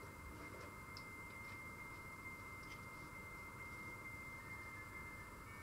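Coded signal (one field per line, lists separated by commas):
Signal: dial-up modem handshake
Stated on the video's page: Handshake between a restored DCD AC.350.OM acoustic coupler, continuously sending its originate idle tone, and a modern modem over a real phone call.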